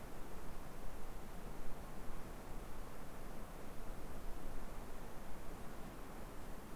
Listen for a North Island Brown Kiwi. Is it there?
no